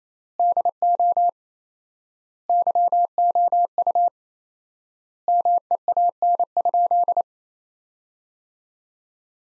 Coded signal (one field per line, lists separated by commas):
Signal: Morse code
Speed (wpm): 28 wpm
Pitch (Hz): 700 Hz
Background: none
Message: DO YOU MEAN?